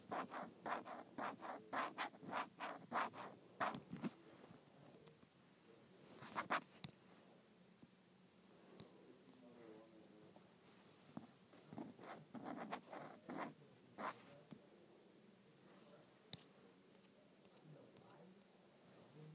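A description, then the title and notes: Scraping against a tablet case. Quick bursts of rough, bright rasping come in clusters, densest in the first seven seconds and again around twelve to sixteen seconds, with softer rubbing and brief pauses between them. ASMR Scraping the Case of my iPad.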